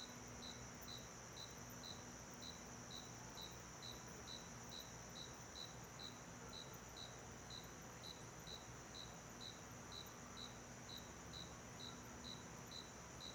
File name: Ambiencia quintal de cidade pequena a noite com grilo, ar condicionado e musica longe